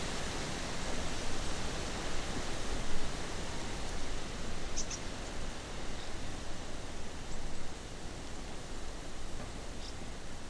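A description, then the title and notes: Wind roars and rain pounds across the water in a dense, unbroken wash of sound with a small surge near three seconds. Faint, thin high calls of swifts flick through briefly around five seconds, again near seven, and at the end. Recorded by Cities and Memory. As a rainstorm sweeps in and across the water, we listen to the roar of the wind, the pounding rain and the calls of swifts flying in front of us. Sheltering inside a bird hide looking out directly over Farmoor Reservoir.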